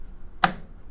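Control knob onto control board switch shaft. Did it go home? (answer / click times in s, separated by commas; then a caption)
yes / 0.4 s. The third plastic control knob on a Harman Accentra pellet stove, lined up at 50°, is pushed slowly onto the control board switch shaft. It snaps home with a single sharp click at 0.4 s, and the knob is seated.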